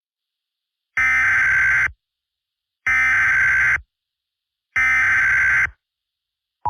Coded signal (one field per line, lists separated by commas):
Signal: Emergency Alert System (SAME) tones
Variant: header bursts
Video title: EAS Scenario 1: Monika's Rampage (Part 3)